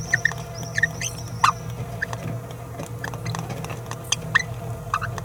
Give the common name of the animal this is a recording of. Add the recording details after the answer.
Green-rumped Parrotlet. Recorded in a nest box in Venezuela. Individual 18B17A3